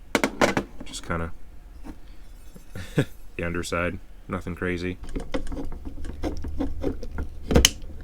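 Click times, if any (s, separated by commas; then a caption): 7.7 s. A Monstrum Tactical drop-in quad-rail handguard is pressed into an AR-15's handguard cap and delta ring while someone talks, with a few handling taps near the start. A sharp click at 7.7 s marks the metal and polymer parts snapping into place, seating the handguard easily.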